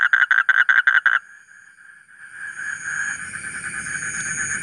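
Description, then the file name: Asian common toad calling, a short burst of evenly spaced, harsh pulsed notes lasting about a second, then quiet hiss and a faint high hum. "suara kodok bangkong kolong kodok buduk"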